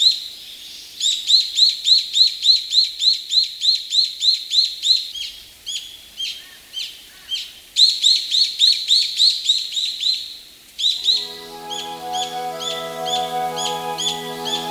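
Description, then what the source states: Brown-eared bulbul calls: fast runs of sharp, high, piercing notes in bursts, then a steady low droning tone with harmonics underneath the calling near the end. Recorded on Kamishima island, Mie Prefecture, Japan.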